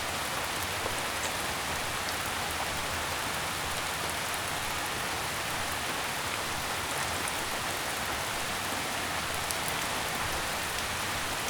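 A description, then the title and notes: Steady, dense rain falls evenly throughout, a bright continuous hiss with scattered close droplet ticks and little change in loudness. Comforting Rain.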